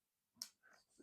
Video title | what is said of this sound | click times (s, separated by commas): MOUNJARO INJECTIONS - A NEW ERA BEGINS | And then we go to the prime position, which from zero is two clicks | 0.4 s